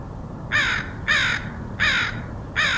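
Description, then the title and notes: Crow giving four loud harsh caws at a steady pace over a low steady rumble. Crows recorded in Portland, Oregon, in August 2003. "Crows of Portland. Crows recorded by Dan Bodah in Portland, OR, August 2003"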